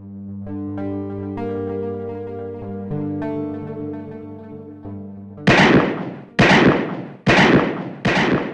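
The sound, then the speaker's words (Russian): At a firing range, a sustained low, droning harmonic hum gives way to four loud, harsh, growling bursts of gunfire, each roughly half a second long, fired in a steady rhythm with brief gaps between them. “Звуки на полигоне привлекали внимание всех опытных солдат своей необычностью, рычащим гудением выстрела и необъяснимой длительностью серий.”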